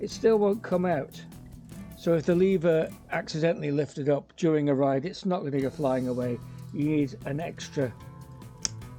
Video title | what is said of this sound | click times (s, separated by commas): GARMIN VARIA RCT715 CYCLING RADAR & CAMERA: USER REVIEW | push-up until you hear the click and then he comes out | 8.7 s